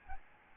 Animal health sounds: mosquito wingbeat signal from an infrared sensor; Aedes albopictus

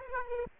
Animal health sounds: mosquito wingbeat signal from an infrared sensor; Aedes aegypti

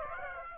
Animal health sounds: mosquito wingbeat signal from an infrared sensor; Aedes aegypti

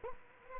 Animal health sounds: mosquito wingbeat signal from an infrared sensor; Culex quinquefasciatus

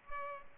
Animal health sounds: mosquito wingbeat signal from an infrared sensor; Culex pipiens

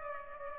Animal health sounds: mosquito wingbeat signal from an infrared sensor; Aedes aegypti

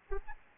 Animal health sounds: mosquito wingbeat signal from an infrared sensor; Anopheles arabiensis

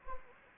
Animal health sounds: mosquito wingbeat signal from an infrared sensor; Anopheles gambiae

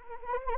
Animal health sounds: mosquito wingbeat signal from an infrared sensor; Anopheles arabiensis

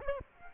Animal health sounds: mosquito wingbeat signal from an infrared sensor; Aedes aegypti

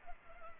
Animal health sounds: mosquito wingbeat signal from an infrared sensor; Culex pipiens

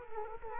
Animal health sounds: mosquito wingbeat signal from an infrared sensor; Culex quinquefasciatus

